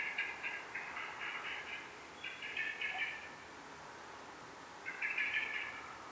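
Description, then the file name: Eurasian blackbird giving harsh chattering calls in three loose bursts, the first longest, over steady background hiss. "Turdus merula"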